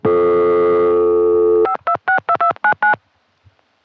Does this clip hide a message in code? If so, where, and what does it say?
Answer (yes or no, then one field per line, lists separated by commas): yes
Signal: DTMF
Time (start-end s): 1.6-2.9 s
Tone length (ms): 100 ms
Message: 5262299